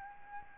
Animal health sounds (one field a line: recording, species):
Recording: mosquito wingbeat signal from an infrared sensor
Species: Aedes albopictus